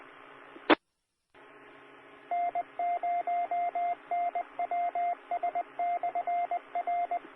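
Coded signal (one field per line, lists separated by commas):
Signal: Morse code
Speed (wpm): 20 wpm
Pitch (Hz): 700 Hz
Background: radio noise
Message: E N0NWS/R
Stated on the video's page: Heard on 145.490 MHz during a SkyWarn severe weather net in Southwest Missouri.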